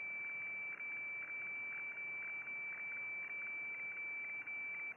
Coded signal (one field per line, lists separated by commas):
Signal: weather fax (radiofax)